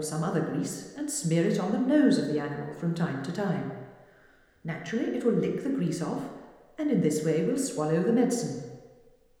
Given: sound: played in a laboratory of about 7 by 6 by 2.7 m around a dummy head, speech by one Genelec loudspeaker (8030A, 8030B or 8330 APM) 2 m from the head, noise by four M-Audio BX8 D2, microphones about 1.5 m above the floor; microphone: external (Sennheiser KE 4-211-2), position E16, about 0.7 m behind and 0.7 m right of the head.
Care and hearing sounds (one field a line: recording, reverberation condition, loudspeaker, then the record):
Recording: female speech in English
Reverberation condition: high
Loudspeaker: 150 degrees to the right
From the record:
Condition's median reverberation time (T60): about 1300 ms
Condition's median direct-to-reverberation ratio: about -4.0 dB